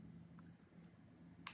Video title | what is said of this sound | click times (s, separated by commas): Dragonfly Meadows Complete Tutorial | And then pop that through. I like to do it and hear a little click so I know that it's not gonna slide off. | 0.8 s, 1.5 s